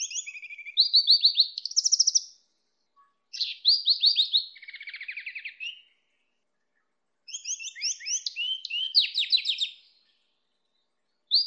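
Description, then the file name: Greenfinch x canary hybrid song: rapid twittering phrases of buzzy trills and bright whistled notes, delivered in bursts of two to three seconds with short silent pauses. "hibrid greenfinch kenari omkicau"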